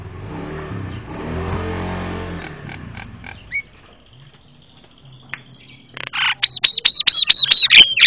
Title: Jalak Kebo Master Suara Super Berisik Buat Masteran